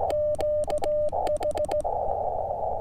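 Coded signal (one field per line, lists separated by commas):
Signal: Morse code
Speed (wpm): 16 wpm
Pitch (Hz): 600 Hz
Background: none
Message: QH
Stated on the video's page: Summit activation with Elecraft KX2 and Chameleon MPAS Lite vertical; poor band conditions, weak stations pulled from the noise.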